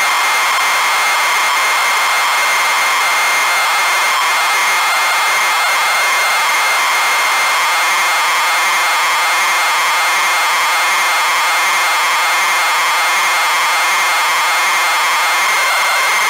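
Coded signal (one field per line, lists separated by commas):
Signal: ZX Spectrum tape loading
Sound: continuous harsh buzzing hiss with a steady high whine throughout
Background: tape hiss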